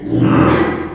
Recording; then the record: squeal of a Yucatan mini pig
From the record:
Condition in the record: after surgery on the right vocal fold (resection and tissue-engineered implant); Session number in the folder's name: 4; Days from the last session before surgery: 42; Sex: male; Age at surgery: 12 weeks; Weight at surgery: 13 kg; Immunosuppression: cyclosporine, prednisolone